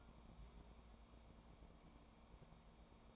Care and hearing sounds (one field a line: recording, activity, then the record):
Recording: daily activity, microphone in the room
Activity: take from stove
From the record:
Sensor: 1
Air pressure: 1000.0 hPa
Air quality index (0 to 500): 134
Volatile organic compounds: 2 ppm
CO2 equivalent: 1272 ppm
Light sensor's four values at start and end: 40/102/43/53 and 40/101/42/53